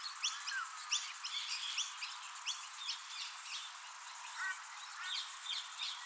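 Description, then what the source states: Myopsalta septa cicada song: shrill buzzy bursts repeated roughly every second with faint ticks between, over a busy chorus of chirping and whistling birds. Recorded at Glenvale.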